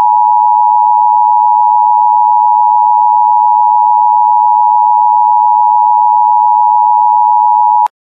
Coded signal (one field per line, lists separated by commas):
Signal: Emergency Alert System (SAME) tones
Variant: 853 and 960 Hz attention tone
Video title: Halloween Nightmare (EAS Scenario)